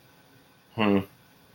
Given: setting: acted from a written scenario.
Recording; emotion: vocal sound without words; neutral